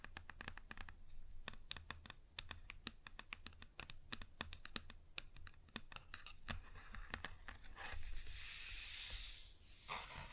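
Quick, irregular tapping on a wooden surface fills most of the clip, sharp clicks in dense clusters much like typing. Around eight seconds the tapping gives way to a bright, hissy scratching that lasts about two seconds, then a few taps return. A low steady hum runs underneath.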